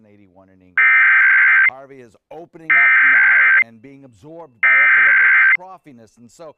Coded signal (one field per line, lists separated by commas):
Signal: Emergency Alert System (SAME) tones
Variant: header bursts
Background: speech